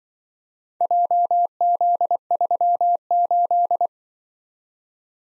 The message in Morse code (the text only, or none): JZ38